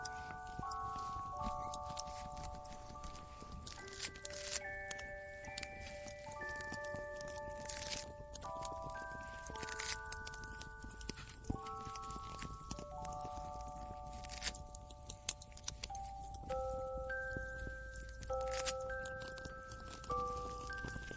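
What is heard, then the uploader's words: A gentle music box plays slow, ringing notes throughout, layered over frequent crisp clicks, taps and rustling from workshop activity. Santa's cozy workshop ASMR ambience. Gift wrapping. Christmas music/ music box. Relaxing music box.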